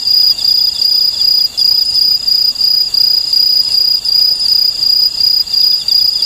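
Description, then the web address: Aomatsumushi tree cricket song, a piercing high trill broken into rapid pulsed bursts with short dips between phrases, steady and unbroken in pitch. "sikioto insect aomatsumushi"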